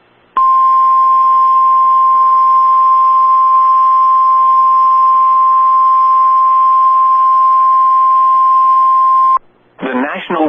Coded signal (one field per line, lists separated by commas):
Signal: Emergency Alert System (SAME) tones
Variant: 1050 Hz attention tone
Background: speech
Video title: Severe Thunderstorm Warning | EAS #513